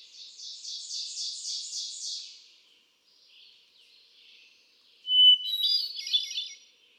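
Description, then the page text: Hermit thrush singing a pure held whistle that breaks into a tumbling run of flute-like notes. Earlier, another bird gives a fast string of repeated high notes, then faint chatter. Male singer cycling through his repertoire of about ten different songs; recorded 13 June 2006 at Quabbin Park, Ware, Massachusetts. "Birdsong for the Curious Naturalist. Hermit thrush. A truly gifted and inspiring songster. Can you hear how he cycles through his repertoire of about ten different songs? June 13, 2006. Quabbin Park, Ware, Massachusetts"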